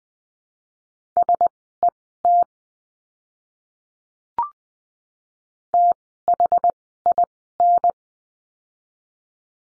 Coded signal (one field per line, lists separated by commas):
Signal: Morse code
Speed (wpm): 20 wpm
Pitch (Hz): 700 Hz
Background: none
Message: SET THIN